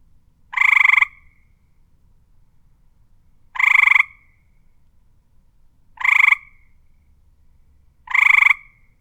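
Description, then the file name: Frog croaking in short, harsh bursts, each about half a second long, repeated roughly every two and a half seconds against a quiet background. "Frog Croak Ambient"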